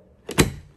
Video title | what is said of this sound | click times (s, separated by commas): 2022 Maverick Left Mirror Replacement HD | there you go just heard that clicking sound | 0.3 s, 0.4 s